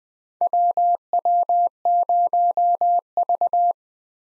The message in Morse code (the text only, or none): WW0V